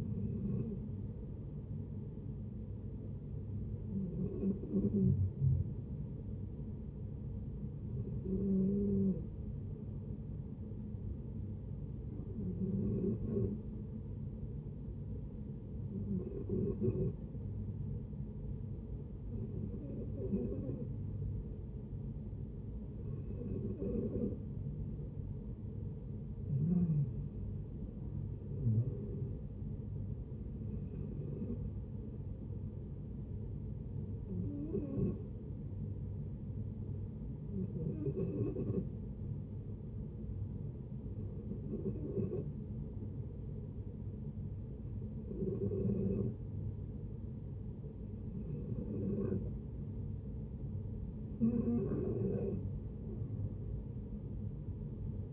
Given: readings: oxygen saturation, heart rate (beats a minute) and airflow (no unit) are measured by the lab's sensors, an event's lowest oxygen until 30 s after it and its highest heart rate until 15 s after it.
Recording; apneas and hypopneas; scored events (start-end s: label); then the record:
breathing in sleep by a smartphone at the bedside; 2
8.00-25.80 s: hypopnea (N1, oxygen 94% highest, then 89% lowest, heart rate 66 at the start, 71 highest)
35.00-51.30 s: hypopnea (N1, oxygen 93% highest, then 90% lowest, heart rate 67 at the start, 78 highest)
From the record:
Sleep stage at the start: N1 (lightest sleep); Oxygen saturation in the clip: 89 to 94%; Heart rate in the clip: 61 to 71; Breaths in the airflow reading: 15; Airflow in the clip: -7.2 to 9.3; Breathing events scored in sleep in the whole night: 496 in 5.4 hours asleep